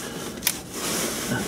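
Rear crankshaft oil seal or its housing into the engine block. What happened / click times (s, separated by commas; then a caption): The seal housing snapped into place / 0.5 s. A rear crankshaft oil seal, or its housing, on a Land Rover Defender TD5 engine is pushed into the engine block after first sitting out of square. Over a steady mechanical background, a single sharp click at 0.5 s marks it seating in place.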